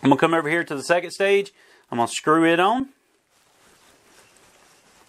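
Someone talks for about three seconds while the metal low-pressure hose fitting is hand-threaded onto a scuba regulator second stage, carefully so it does not cross-thread, before it is later tightened with wrenches. Faint handling rustle follows, with a soft brief sound near 4.4 s. Nothing has seated or clicked yet.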